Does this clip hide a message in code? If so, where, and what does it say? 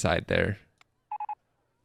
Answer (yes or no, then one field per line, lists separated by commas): no